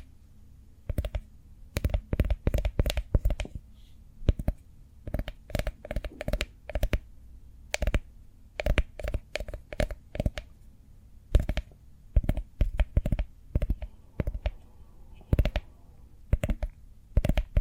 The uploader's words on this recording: ASMR Cork Triggers. (No Talking).